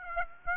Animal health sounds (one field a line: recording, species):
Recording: mosquito wingbeat signal from an infrared sensor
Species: Aedes aegypti